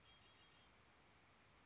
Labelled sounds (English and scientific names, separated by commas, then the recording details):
Red-winged Blackbird (Agelaius phoeniceus)
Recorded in Sonoma County, California